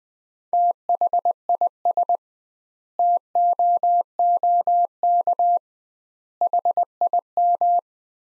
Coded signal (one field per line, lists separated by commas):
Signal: Morse code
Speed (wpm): 20 wpm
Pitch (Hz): 700 Hz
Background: none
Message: THIS TOOK HIM